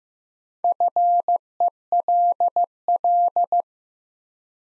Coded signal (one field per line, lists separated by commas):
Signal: Morse code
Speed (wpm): 15 wpm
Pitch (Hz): 700 Hz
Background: none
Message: FELL